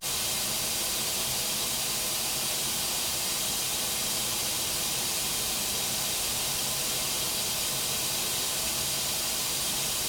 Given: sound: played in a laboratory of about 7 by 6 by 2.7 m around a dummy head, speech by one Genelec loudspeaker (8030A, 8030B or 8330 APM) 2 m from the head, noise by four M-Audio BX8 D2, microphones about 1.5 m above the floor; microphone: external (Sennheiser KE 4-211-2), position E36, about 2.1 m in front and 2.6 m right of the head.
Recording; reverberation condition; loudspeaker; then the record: white noise; low; four, about 170 cm from the corners of the room and facing them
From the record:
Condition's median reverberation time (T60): about 310 ms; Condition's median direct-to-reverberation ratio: about 3.5 dB